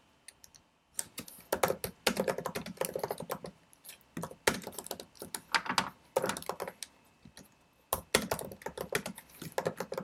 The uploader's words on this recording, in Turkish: Sessiz odada 30 dakika boyunca kurşun kalem ve bilgisayar ile ders çalışma; ortam sesleri, beyaz gürültü alt yapısı, kurşun kalem, klavye, mouse sesleri.